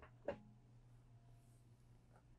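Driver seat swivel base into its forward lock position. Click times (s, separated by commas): 0.3 s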